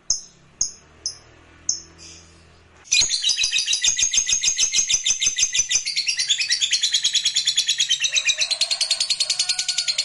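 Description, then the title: Lovebird song: a few short high chirps followed by a long shrill chattering trill of rapid pulsed notes. Lovebird song played to stimulate lovebirds. "Suara Lovebird"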